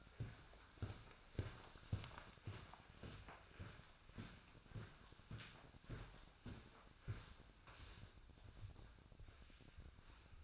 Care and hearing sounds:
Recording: daily activity, microphone in the room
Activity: walk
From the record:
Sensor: 2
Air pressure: 1009.2 hPa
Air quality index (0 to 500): 180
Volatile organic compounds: 2 ppm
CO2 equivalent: 1311 ppm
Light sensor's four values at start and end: 47/123/53/59 and 45/116/50/55

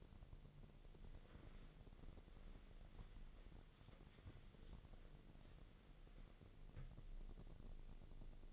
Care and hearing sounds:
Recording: daily activity, microphone in the room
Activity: wipe stove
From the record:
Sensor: 4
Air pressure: 1001.3 hPa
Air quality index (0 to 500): 186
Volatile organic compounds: 3 ppm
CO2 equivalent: 1329 ppm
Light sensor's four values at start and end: 13/30/12/13 and 13/30/12/13

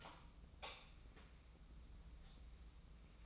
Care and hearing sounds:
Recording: daily activity, microphone in the room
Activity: light off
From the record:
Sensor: 1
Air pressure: 994.4 hPa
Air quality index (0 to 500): 224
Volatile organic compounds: 1000 ppm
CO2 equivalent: 8054 ppm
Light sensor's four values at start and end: 131/303/134/147 and 116/263/117/126

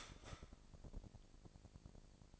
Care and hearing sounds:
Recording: daily activity, microphone in the room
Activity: start toaster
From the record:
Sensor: 5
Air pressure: 1007.3 hPa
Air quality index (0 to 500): 127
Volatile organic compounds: 1 ppm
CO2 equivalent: 964 ppm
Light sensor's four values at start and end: 27/63/26/27 and 27/63/26/27

